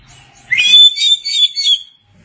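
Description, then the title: Oriental magpie-robin delivering one rich, rising and rolling phrase of bright warbled notes lasting just over a second. Chirping song. "Suara Kicauan Burung Kacer"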